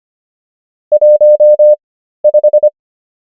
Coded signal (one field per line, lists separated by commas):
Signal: Morse code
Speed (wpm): 25 wpm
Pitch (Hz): 600 Hz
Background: none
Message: 15